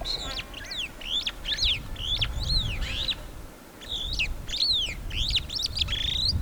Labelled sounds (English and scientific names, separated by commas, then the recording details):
Superb Starling (Lamprotornis superbus) flight call
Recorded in Kenya on 15 April 2009 at 09:32
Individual 126, of group SRB2